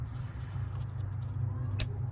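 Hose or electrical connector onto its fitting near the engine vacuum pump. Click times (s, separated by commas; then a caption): 1.8 s. A hose or electrical connector is pushed onto its fitting near the vacuum pump in the engine bay of a Ford Focus ST, during reassembly after the vacuum pump was replaced. Over a steady low hum, one sharp click is heard at 1.8 seconds as the connector seats home.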